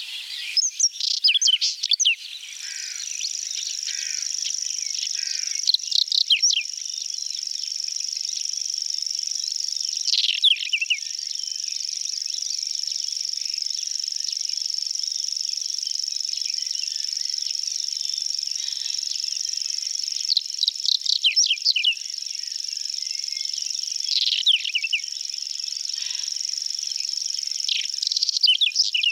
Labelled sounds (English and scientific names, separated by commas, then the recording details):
Whinchat (Saxicola rubetra) song
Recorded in the wild
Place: Waltershofen / Freiburg im Breisgau, Baden-Württemberg, DE
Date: 1977-06-24
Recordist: Schwarz, Dieter
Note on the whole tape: Song